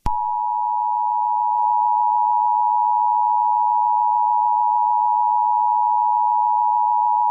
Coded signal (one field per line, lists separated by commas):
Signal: Emergency Alert System (SAME) tones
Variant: 853 and 960 Hz attention tone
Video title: Something’s Coming (Attack) a Doors Eas Scenario